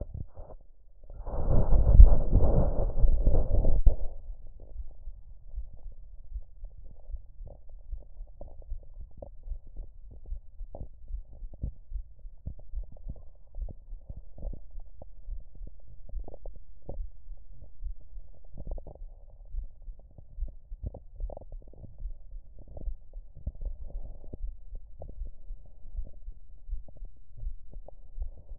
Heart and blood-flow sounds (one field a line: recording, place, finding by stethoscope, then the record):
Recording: heart sounds by stethoscope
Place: mitral valve (MV)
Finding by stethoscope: normal heart sounds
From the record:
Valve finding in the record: normal valve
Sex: female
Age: 54 years